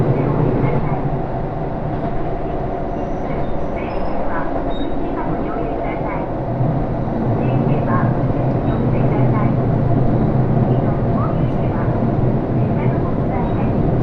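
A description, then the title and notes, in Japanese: A local train on the Takayama Main Line rolls along with a dense, steady low rumble that holds at an even level throughout. Faint voices and brief squeaks and clicks rise now and then above the running noise. 高山本線普通 上呂→下油井。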